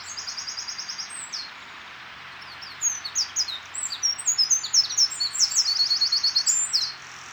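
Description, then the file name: Eurasian wren song: a high rapid trill at the start, a pause, then a long, loud, tumbling phrase of sharp notes ending in a ringing trill. "Troglodytes troglodytes"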